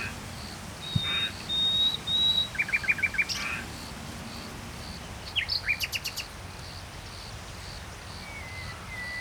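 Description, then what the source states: Common nightingale song: a thin drawn-out whistle, then a rapid repeated-note trill of several pulses, then a few sharp high notes amid soft background noise. Trilling song, recorded in Saint-Chamas, Provence-Alpes-Côte d'Azur, France, just before nightfall, with a Line Audio microphone and a MixPre-3 II recorder.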